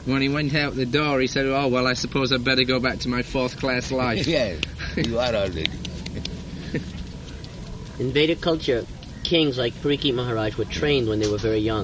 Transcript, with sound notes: When he went out the door he said, "Oh, well, I suppose I'd better go back to my fourth-class life."
[laughs] Yes. "You are already."
In Vedic culture, kings like Parīkṣit Mahārāja were trained when they were very young.